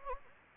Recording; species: mosquito wingbeat signal from an infrared sensor; Anopheles gambiae